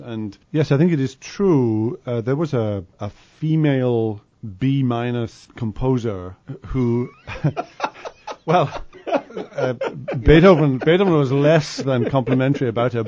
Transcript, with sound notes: And, yes, I think it is true there was a female B-minus composer who [laughter] ….well…Beethoven was less than complimentary about her!